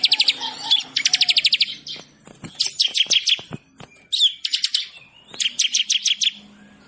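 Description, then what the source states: Bird song: rapid trilled phrases and strings of high chirps, delivered in short bursts with brief pauses. Bird ringtone with a melodious voice.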